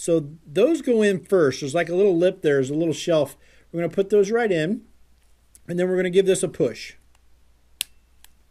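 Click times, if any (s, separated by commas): 7.8 s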